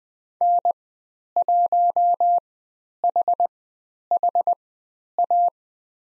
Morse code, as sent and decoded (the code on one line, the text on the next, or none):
-. .---- .... .... .-
N1HHA